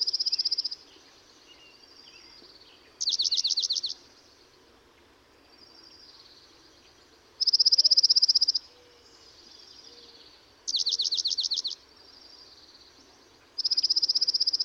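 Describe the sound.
Dark-eyed junco trilled songs, five bright high trills alternating between a steady buzzy type and a wavering type, each about a second long, every three or four seconds.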